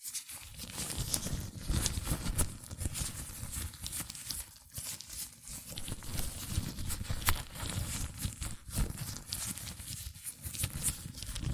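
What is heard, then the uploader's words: Latex gloves rub and squeak against each other in a dense, continuous stream of crinkly, rubbery friction. The sound surges and fades unevenly, with brief near-silent gaps around the first second, near five seconds and around nine and ten seconds. ASMR Latex Gloves Hand Sounds (No Talking).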